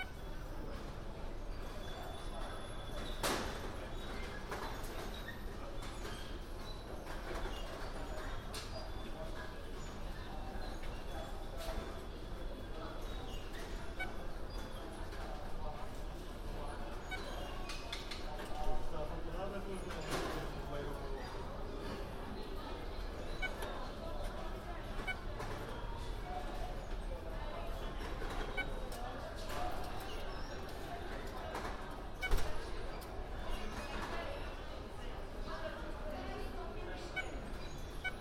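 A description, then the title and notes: Breakfast at a hotel on a London walk: a steady murmur of overlapping voices fills the whole stretch, with soft clinks and clatters scattered throughout. Two louder knocks stand out, one around nineteen seconds and another near thirty-two seconds. A binaural recording of eating a quick breakfast at the hotel. A walk around London, new years eve.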